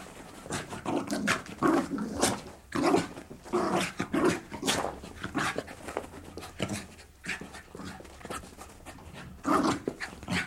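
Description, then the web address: Dog barking and growling in irregular bursts. Jack Russell/Corgi cross indoors, leaping around playing and barking. "Sound Effects-BBC Dogs Barking BBC"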